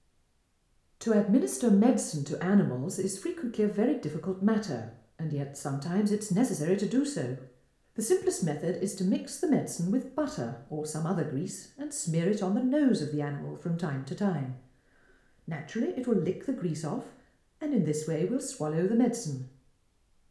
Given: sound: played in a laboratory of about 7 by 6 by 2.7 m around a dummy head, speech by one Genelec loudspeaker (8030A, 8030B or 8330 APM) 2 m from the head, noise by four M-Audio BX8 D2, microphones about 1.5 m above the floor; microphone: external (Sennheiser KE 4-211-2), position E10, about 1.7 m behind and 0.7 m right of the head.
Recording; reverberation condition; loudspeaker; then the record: female speech in English; medium; behind (180 degrees)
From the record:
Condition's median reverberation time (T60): about 510 ms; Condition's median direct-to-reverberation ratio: about -0.5 dB